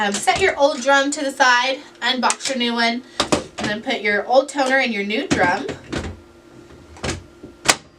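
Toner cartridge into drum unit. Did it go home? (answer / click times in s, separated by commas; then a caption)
yes / 7.7 s. Someone talks while an old toner cartridge is pushed into a new plastic drum unit for a Brother HL-2170W printer. A sharp click at 7.7 s confirms the toner cartridge has seated in the drum unit.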